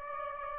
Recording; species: mosquito wingbeat signal from an infrared sensor; Aedes aegypti